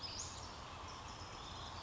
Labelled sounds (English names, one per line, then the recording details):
Western Flycatcher
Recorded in Sonoma County, California